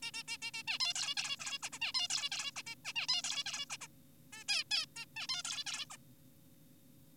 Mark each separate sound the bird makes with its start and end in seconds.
0.02-0.11, 0.14-0.23, 0.28-0.38, 0.42-0.51, 0.54-0.63, 0.68-0.78, 0.80-0.94, 0.96-1.15, 1.17-1.36, 1.40-1.59, 1.63-1.70, 1.73-1.79, 1.82-1.92, 1.94-2.08, 2.10-2.30, 2.32-2.52, 2.56-2.62, 2.67-2.75, 2.85-2.93, 2.96-3.07, 3.09-3.22, 3.24-3.44, 3.46-3.66, 3.70-3.77, 3.81-3.88, 4.33-4.44, 4.48-4.64, 4.71-4.86, 4.96-5.06, 5.16-5.27, 5.29-5.42, 5.45-5.64, 5.67-5.85, 5.90-5.97